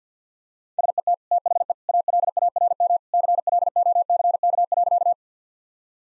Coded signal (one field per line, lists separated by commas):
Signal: Morse code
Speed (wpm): 50 wpm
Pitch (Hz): 700 Hz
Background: none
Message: SET THE ALARM CLOCK.